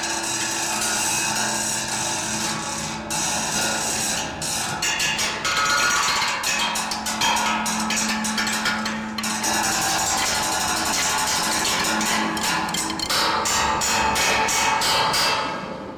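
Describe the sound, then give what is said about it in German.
A drumstick raps repeatedly on a metal seat in Berlin, producing bright, ringing metallic clanks in an irregular rhythm, some in quick bursts, with a steady hum underneath and no talking. “Klangbeispiel 27, Einfahren der S-Bahn, gefolgt von Klangbeispiel 28, Metallsitz.”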